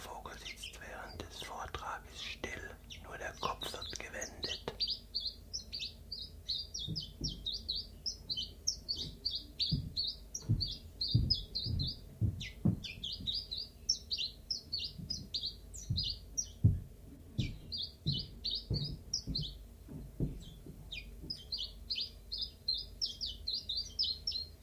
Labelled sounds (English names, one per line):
Common Chiffchaff